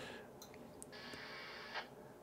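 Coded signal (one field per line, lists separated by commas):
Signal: packet radio (AX.25, as in APRS)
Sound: background hiss, then one short harsh warbling data burst lasting under a second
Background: radio static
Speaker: if we turn up the radio you'll be able to hear the packets going backwards and forwards see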